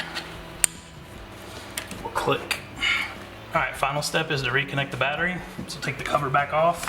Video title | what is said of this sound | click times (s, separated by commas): 2012-2022 HEMI Charger AFE Magnum FORCE Stage 2 Track Series Cold Air Intake Review & Install | votre connexion. Petit clic. | 0.6 s